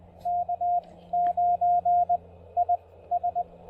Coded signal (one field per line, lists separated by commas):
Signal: Morse code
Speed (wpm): 19 wpm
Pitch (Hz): 690 Hz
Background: radio noise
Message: K9IS